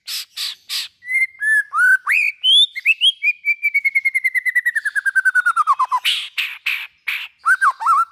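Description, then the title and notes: White-rumped shama song: varied whistles, then a long rapid run of clear notes that slowly falls in pitch, ending with loud harsh bursts and twisting whistles. Lure (pikat) call for white-rumped shamas, from a long-duration recording. "Pikat Murai Batu Durasi Panjang. Burung Murai Batu"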